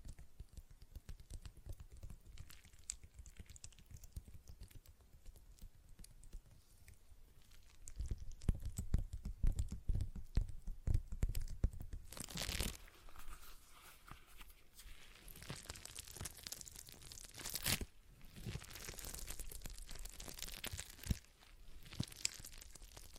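A stress ball is squeezed and handled in quick, irregular bursts of crinkly, crunching texture. It starts soft and thin, gets louder and bassier with rubbing squishes around eight to twelve seconds, then turns brighter and more rustling, with sharp crackly surges near thirteen and eighteen seconds.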